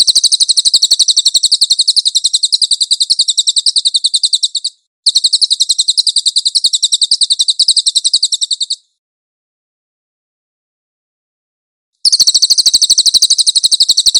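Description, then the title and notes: Velvet-fronted nuthatch trilling in long, rapid, high-pitched bursts: two runs split by a tiny break, a three-second silence, then another trill. Nonstop training recording for cage birds. "MASTER SUARA BURUNG CILILIN. CICILIN"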